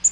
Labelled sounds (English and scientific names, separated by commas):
Black-throated Green Warbler (Setophaga virens) flight call